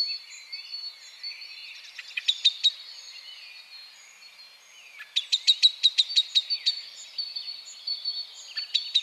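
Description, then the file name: Common blackbird giving rapid chinking calls in several quick runs of sharp clicks, over a steady high insect-like tone and other birds. "Turdus merula"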